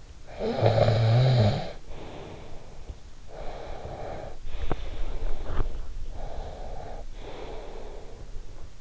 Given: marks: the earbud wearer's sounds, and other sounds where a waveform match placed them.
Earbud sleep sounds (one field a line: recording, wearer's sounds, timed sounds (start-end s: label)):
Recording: sounds in sleep by an in-ear microphone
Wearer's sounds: snoring breath, breath, teeth grinding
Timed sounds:
0.26-2.93 s: snoring breath
3.29-5.89 s: breath
4.58-5.96 s: teeth grinding
6.20-8.81 s: breath